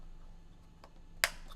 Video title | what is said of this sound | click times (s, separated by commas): Why the Eufy E30 Is the Best No-Subscription Security Cam! | There we go. That's a snap. | 1.2 s